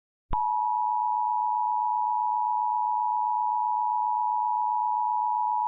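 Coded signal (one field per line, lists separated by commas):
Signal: Emergency Alert System (SAME) tones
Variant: 853 and 960 Hz attention tone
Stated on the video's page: Mock Tornado Warning alert, not a real broadcast.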